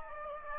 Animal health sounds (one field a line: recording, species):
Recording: mosquito wingbeat signal from an infrared sensor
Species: Aedes aegypti